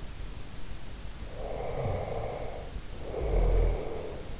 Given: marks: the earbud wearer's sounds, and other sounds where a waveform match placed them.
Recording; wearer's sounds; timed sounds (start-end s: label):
sounds in sleep by an in-ear microphone; snoring breath
1.08-4.31 s: snoring breath